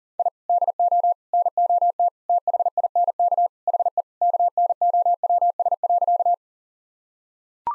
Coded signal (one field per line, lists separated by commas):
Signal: Morse code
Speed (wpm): 40 wpm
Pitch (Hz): 700 Hz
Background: none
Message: I DO NOT THINK HE KNOWS.